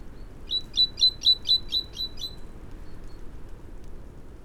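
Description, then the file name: Great tit calling, a quick string of about eight sharp high chirps evenly spaced, fading out after two and a half seconds into quiet background. "Parus major"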